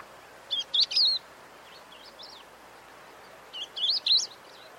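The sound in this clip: Bird uttering a burst of three sharp, high chirps, softer notes, then another burst of chirps, over a constant background hiss.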